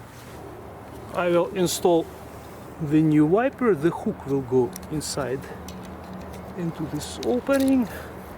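Someone talks while handling a new passenger-side wiper blade for a 2020–2025 Nissan Sentra, lining the wiper arm's hook up with the opening in the blade, over a steady low background hum. Nothing has seated or clicked yet; the blade has not snapped onto the arm hook.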